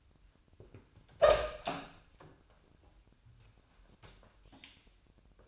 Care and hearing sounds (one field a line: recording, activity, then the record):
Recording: daily activity, microphone in the room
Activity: open door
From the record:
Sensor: 2